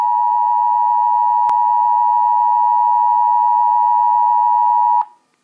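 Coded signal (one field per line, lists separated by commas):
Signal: Emergency Alert System (SAME) tones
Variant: 853 and 960 Hz attention tone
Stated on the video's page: Severe thunderstorm warning alert tones.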